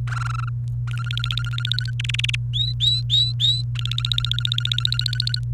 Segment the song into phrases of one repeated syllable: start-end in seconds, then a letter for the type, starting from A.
0.08-0.49 A, 0.88-1.91 B, 2.00-2.35 C, 2.53-3.63 D, 3.75-5.39 B